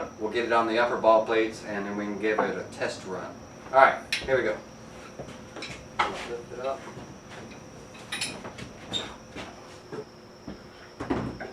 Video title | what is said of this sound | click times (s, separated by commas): How to Make a Folding Up Murphy Bed - PART 2 | Okay, with our piston snapped into place, we can go ahead and get this up against the wall. | 8.1 s, 11.4 s